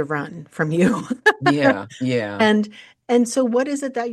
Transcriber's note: laughs